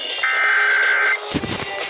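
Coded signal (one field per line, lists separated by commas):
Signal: Emergency Alert System (SAME) tones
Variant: header bursts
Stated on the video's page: Required Monthly Test tones received from FM stations in Harrisburg and Lancaster, plus a late cut-in on an Xfinity cable box.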